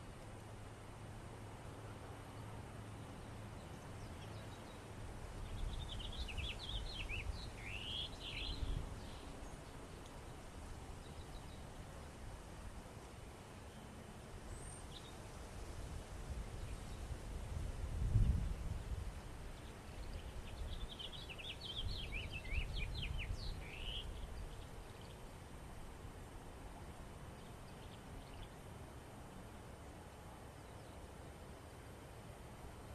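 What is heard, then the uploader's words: Wind rumbles low and steady through grass and trees, while two brief bursts of bright bird chirps come around six and twenty-two seconds. Spring in Rural Oregon. We enjoy a beautiful morning sound experience of rural Oregon. You can hear birds chirping, wind blowing on grass and trees, and practically smell the flowers blooming.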